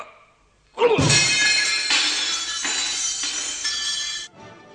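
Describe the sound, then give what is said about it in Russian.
A small mirror smashes with a sharp impact, then a bright, sustained shimmer of tinkling glass shards rings out for several seconds before cutting off abruptly. “Зеркальце разбили.”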